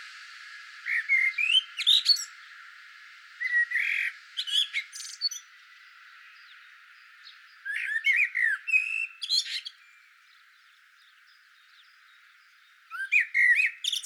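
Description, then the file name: Common blackbird song: four fluted, warbling phrases rising into high squeaky trills. Each phrase lasts one to two seconds, with a long silent gap before the last. "Turdus merula"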